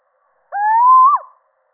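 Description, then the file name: Little owl giving a single drawn-out hoot that rises steadily in pitch before dropping sharply at the end; otherwise silent. Male. "Sycek obecny samec"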